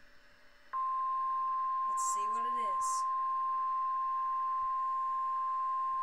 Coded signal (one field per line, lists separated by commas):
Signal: Emergency Alert System (SAME) tones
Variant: 1050 Hz attention tone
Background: speech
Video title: NOAA Weather Radio EAS #100: Severe T-Storm Warning